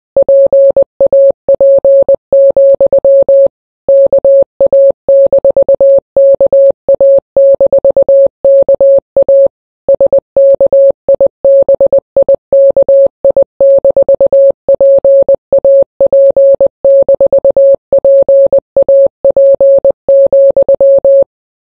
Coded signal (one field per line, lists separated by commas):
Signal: Morse code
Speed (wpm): 20 wpm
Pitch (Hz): 550 Hz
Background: none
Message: PAP, KA-KA-KA SKIBIKI-PAP-PAP,